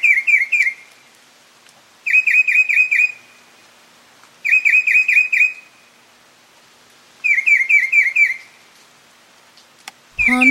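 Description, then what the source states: Mockingbird singing: repeated bursts of fast, harsh, chattering notes every two to three seconds. Male.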